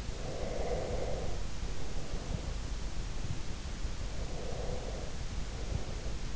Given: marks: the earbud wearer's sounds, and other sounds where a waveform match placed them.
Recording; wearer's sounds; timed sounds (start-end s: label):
sounds in sleep by an in-ear microphone; breath
0.24-2.84 s: breath
3.95-6.35 s: breath